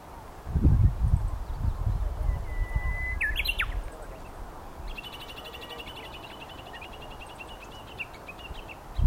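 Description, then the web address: Japanese bush warbler song: a long steady whistle ending in a quick rising-falling flourish, then a rapid even series of chirping notes, over low background rumble. Recorded on 25 March 2022. "sangamaki uguisu 220325"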